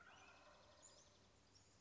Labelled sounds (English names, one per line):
Wild Turkey